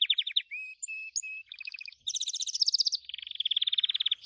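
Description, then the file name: Gloster canary song with quick chips, a short whistle series and long buzzing rolls. "canto do canario gloster"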